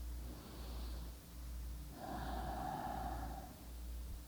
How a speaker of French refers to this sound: On place donc ses mains sur l'abdomen, majeur au nombril, pouce près du sternum. 3 fois, lentement, respiration uniquement abdominale. On y va.